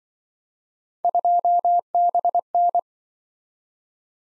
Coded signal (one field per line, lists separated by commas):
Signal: Morse code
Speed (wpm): 24 wpm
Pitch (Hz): 700 Hz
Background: none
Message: 2BN